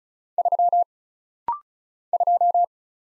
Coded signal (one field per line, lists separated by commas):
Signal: Morse code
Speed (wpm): 36 wpm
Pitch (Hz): 700 Hz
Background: none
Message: 3 2